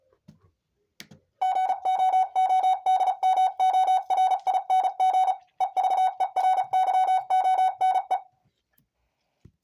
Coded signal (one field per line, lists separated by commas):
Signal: Morse code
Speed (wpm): 33 wpm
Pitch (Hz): 750 Hz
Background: none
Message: GOODMORING EVERYONE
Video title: amateur radio reporters call sign Morse code in